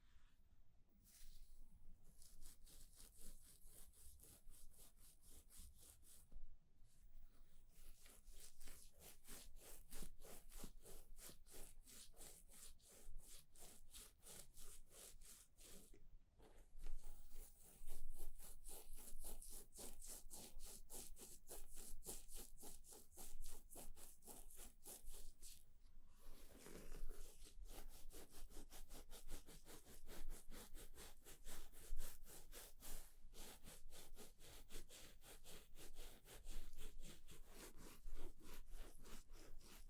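A haircut and shaving session, heard as quick, regular scraping or rubbing strokes that run almost without a break, bright and crisp in tone. Short pauses fall near 2, 7, 16 and 26 seconds, and the strokes grow louder and denser after about 17 seconds.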